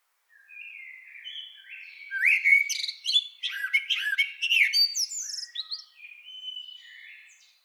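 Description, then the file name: Common blackbird with a long continuous song, soft low whistles building into loud, varied fluty notes mixed with scratchy high squeaks, then fading. "Turdus merula"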